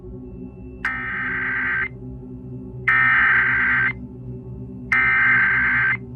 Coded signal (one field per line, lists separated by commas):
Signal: Emergency Alert System (SAME) tones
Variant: header bursts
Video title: 4 Scariest Emergency Broadcasts & EAS Alerts (Vol. 2)